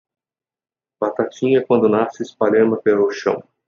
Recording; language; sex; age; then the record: short text; Brazilian Portuguese; male; 20 to 29 years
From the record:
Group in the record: control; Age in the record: 27 years